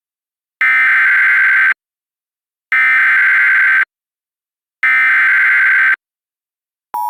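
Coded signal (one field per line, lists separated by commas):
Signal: Emergency Alert System (SAME) tones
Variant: header bursts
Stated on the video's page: Mock reenactment of a Severe Thunderstorm Warning with valid EAS tones on a DASDEC-style screen.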